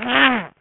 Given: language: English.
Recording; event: throat vibration sensor signal played as sound; throat clearing